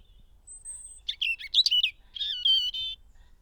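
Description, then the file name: European robin delivering a thin, very high whistle, then a burst of jumbled sweet notes, a short pause and a shimmering, slightly buzzy trill at the end. "Erithacus rubecula"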